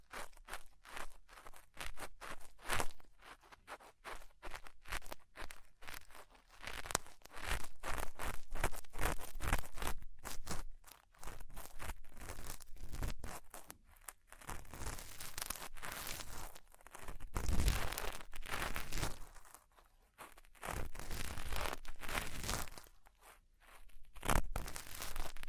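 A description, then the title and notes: Ear cleaning sounds made up of dense crackling, crinkling and rustling that comes in quick bursts. The first half is choppy with rapid taps, followed by longer continuous scratchy stretches broken by short pauses near 11, 14, 20 and 23 seconds. ASMR Deep Ear Cleaning Session.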